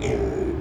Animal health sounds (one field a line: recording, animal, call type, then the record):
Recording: contact call of a hoofed animal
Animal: pig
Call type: closed-mouth grunt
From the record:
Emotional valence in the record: negative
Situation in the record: short social isolation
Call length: 0.61 s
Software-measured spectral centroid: 1500 Hz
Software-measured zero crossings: 890 a second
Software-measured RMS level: -24 dBFS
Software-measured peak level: -12 dBFS